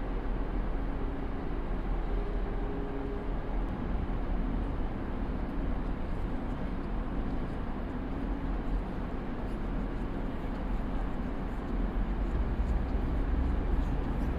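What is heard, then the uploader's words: A train to Leipzig rolls on with a steady, dense rumble that stays level for the whole stretch. The low roar dominates, with a faint hum holding near the start and a slightly heavier low thump toward the end; the top stays dull. Train to Leipzig. We hop on board a train heading to Leipzig.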